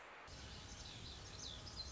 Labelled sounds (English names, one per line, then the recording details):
Pacific Wren
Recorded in Sonoma County, California